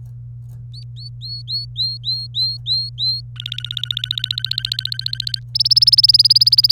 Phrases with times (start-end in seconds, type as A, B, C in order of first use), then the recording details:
0.74-3.21 A, 3.36-5.39 B, 5.55-6.72 C. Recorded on 26 April 2018 at 16:32. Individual llb3